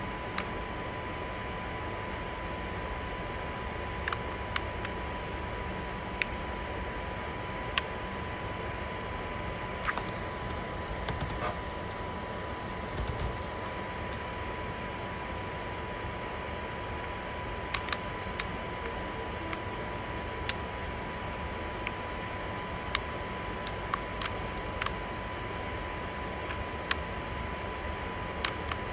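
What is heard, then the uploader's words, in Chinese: A laptop fan roars steadily in a hotel room, with a constant high whine and scattered sharp clicks from keys or mouse throughout. 酒店 笔记本风扇怒吼与游戏DEMO测试。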